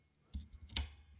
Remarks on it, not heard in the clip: A little crack. That was my knee. It's my first time walking since we last recorded.